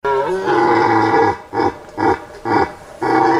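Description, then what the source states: Red deer roaring: a long deep groaning bellow followed by three shorter harsh roars about half a second apart, then a fourth longer roar. Rutting season (rykowisko) in Polish forests, September.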